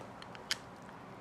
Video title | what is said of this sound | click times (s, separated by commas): Pressure washing just got a whole lot easier - Meet the NEW Snubby! | attach the tip whenever you hear the click it's ready to go | 0.5 s